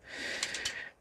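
A plastic part on a transforming robot figure is swung around, and its tab goes into its slot. A click is heard at 0.4 s over a steady hiss-like background, and the tab is seated.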